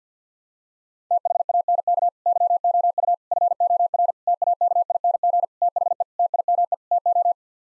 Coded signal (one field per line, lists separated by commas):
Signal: Morse code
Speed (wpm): 50 wpm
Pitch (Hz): 700 Hz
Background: none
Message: THANK YOU FOR TAKING THE TIME TO